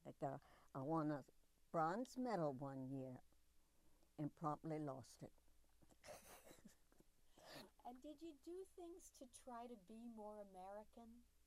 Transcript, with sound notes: I won a bronze medal one year, and promptly lost it! [Laughs]
Did you do things to try to be more American?